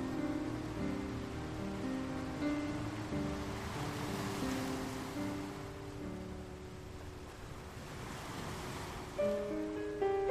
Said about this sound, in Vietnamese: Ở đây cũng có biển, ở chỗ tôi cũng có biển, và chỗ khác cũng có biển. Vẫn là bầu trời đầy sao, vẫn là từng cơn sóng xô bờ.